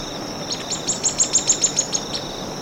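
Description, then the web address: Streaked xenops song: a rapid run of about ten thin, piercing high notes, growing louder and then fading, over a faint steady hiss. Recorded in Ecuador. "Birds of Ecuador. Streaked Xenops"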